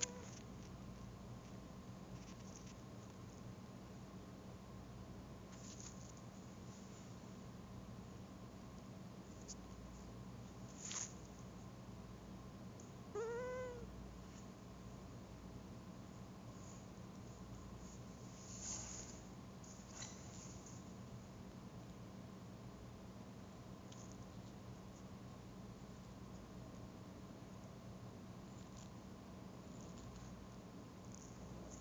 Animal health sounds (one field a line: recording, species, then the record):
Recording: mosquito flight sound by mobile phone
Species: Anopheles gambiae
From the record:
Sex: female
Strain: Kisumu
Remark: tethered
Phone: Google Nexus